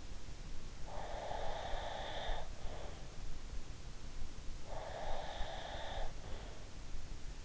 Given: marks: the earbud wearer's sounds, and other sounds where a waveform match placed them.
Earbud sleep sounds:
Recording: sounds in sleep by an in-ear microphone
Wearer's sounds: breath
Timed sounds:
0.77-3.10 s: breath
4.62-6.66 s: breath

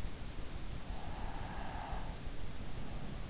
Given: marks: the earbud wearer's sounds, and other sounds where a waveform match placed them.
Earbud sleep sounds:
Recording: sounds in sleep by an in-ear microphone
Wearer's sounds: breath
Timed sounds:
1.08-3.13 s: breath

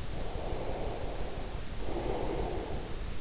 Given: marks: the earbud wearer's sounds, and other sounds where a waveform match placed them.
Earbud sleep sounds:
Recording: sounds in sleep by an in-ear microphone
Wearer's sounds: breath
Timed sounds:
0.08-3.21 s: breath

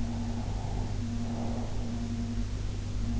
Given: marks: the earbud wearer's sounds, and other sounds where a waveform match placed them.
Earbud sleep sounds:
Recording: sounds in sleep by an in-ear microphone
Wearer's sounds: breath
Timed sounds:
0.00-2.03 s: breath

